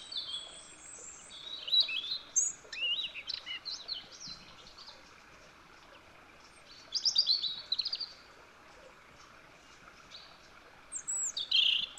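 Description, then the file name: European robin song, repeated bursts of high, liquid warbling notes that rise and fall, separated by pauses of a few seconds. "Erithacus rubecula"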